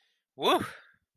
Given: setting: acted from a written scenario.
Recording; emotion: vocal sound without words; relief